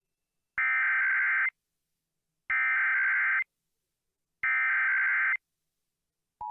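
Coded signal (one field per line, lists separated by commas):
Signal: Emergency Alert System (SAME) tones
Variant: header bursts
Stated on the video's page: Tornado drill EAS Required Monthly Test from Michigan Upper Peninsula broadcast stations, with WeatherSTAR 4000.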